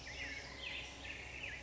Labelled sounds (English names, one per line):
Black-headed Grosbeak